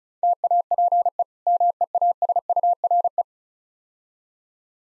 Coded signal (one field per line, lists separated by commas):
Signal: Morse code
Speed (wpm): 38 wpm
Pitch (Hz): 700 Hz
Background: none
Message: TAPE MEASURE